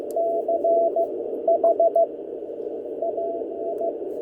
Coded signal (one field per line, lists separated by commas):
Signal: Morse code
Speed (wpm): 16 wpm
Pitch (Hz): 670 Hz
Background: none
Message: CH AI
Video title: Another Unexpected eBay buy, 2 NorCal Sierras and a nice QSO!